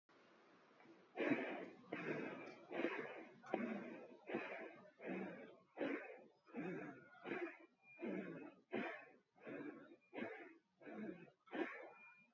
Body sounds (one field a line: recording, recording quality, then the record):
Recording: shallow breathing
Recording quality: excellent, no background noise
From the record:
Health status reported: healthy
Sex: female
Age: 32 years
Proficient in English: yes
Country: India